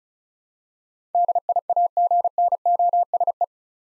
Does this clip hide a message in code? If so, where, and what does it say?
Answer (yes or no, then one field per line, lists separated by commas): yes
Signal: Morse code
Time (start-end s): 1.1-3.4 s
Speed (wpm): 34 wpm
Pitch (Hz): 700 Hz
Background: none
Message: DIAGNOSE